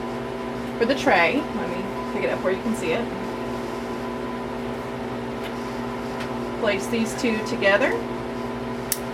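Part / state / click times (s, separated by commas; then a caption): tray heater cord connector into freeze dryer shelf connector / seated / 8.9 s. A tray heater cord connector is pushed into its mating shelf connector on a freeze dryer while someone talks over a steady machine hum. A sharp, short click at 8.9 s shows the connector has seated.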